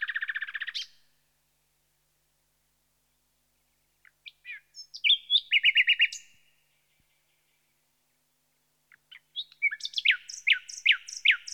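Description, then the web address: Common nightingale song in three bursts: a fast churring trill, then a phrase of repeated rich notes, then a run of sharp chirps after a silent gap. "The BBC Sound Effects Library. Nightingale"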